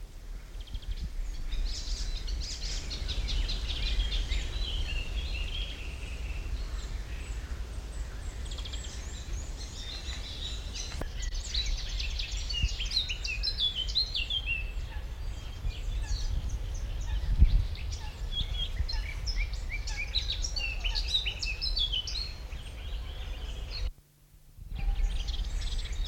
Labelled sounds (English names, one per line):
Eurasian Blackcap